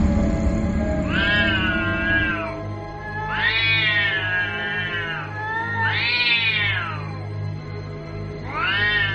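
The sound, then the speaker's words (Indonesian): An angry cat yowls in four long, wavering cries, each rising and falling in pitch with a harsh, drawn-out tone, over a steady low hum. “Rian pun seperti dikejar-kejar suara erangan kucing di telinganya.”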